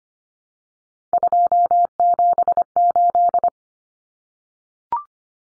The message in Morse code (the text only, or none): 278